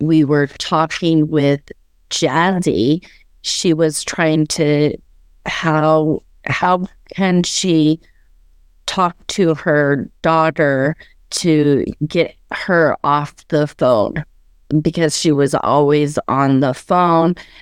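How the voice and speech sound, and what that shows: A woman, a parent and stroke survivor, speaks in halting phrases, with frequent pauses, drawn-out small words and a mid-sentence restart ("how... how can she"). The hesitant, effortful word-finding fits aphasia after a stroke.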